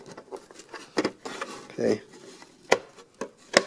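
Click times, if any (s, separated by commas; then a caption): 3.6 s. An electronic eject module is pressed by hand into a tight cutout in a replica car's upper console panel, with no screws. Someone talks briefly over soft handling knocks and taps. A sharp snap at 3.6 s marks the module popping into place and seating in the panel.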